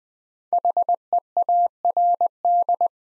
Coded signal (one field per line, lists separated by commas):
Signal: Morse code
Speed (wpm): 20 wpm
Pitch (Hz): 700 Hz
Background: none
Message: HEARD